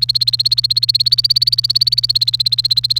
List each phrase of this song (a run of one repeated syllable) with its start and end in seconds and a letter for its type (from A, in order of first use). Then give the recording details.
0.00-2.99 A. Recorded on 28 April 2018 at 18:01. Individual llb3